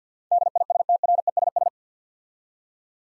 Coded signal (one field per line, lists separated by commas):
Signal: Morse code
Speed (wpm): 53 wpm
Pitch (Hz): 700 Hz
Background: none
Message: DISTRESS